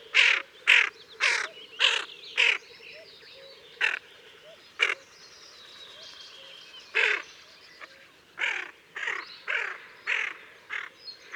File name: Kuifeend Aythya fuligula